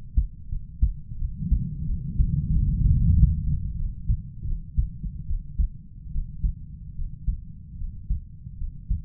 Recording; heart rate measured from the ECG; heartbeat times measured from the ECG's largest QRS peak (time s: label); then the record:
heart sounds by stethoscope; 82 bpm
0.49 s: heartbeat
1.18 s: heartbeat
1.86 s: heartbeat
2.51 s: heartbeat
3.14 s: heartbeat
3.76 s: heartbeat
4.45 s: heartbeat
5.26 s: heartbeat
6.11 s: heartbeat
6.94 s: heartbeat
7.76 s: heartbeat
8.56 s: heartbeat
From the record:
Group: healthy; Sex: male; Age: 20 years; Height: 187 cm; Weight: 68.9 kg